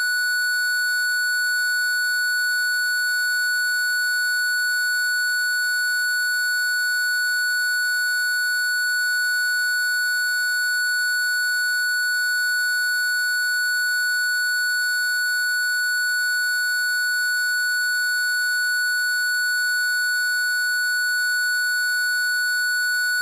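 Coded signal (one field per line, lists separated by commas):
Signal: alarm pattern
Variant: parking sensor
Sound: one unbroken steady high beep tone lasting the whole clip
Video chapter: 00:31 sound at the nearest distance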